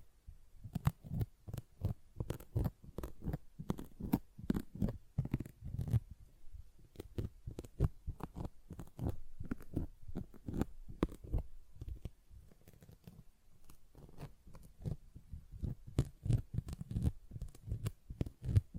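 A sponge is worked over and over in quick, fairly regular strokes, each one a short wet scrape or squish. The strokes come several times a second for the whole stretch, with a soft low thump under each one and a brief lull near the middle.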